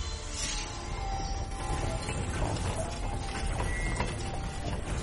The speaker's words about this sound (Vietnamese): Theo từng tiếng kèn két vang ra từ bên trong căn cứ, tòa thành trông giống một khối hình hộp chữ nhật này lại phát ra tiếng ngầm ầm đinh tài nhức óc, bắt đầu vận chuyển.